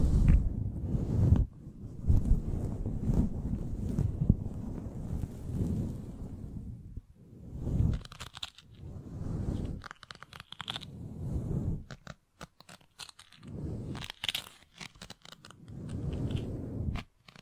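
A microphone is brushed and scratched, making dense, low rubbing noise that swells and fades in uneven bursts. Sharp crunchy clicks and crackles break in, especially between about 8 and 16 seconds, with short near-silent gaps around 7 and 12 seconds.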